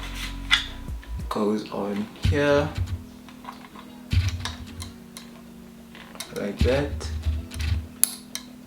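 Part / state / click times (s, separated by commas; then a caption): Ethernet cable plug into outdoor router port / seated / 8.0 s. An Ethernet cable plug is pushed into the port on an outdoor 5G router while someone talks over faint background music. A sharp click at 8.0 s marks the plug latching into the port, and it is seated.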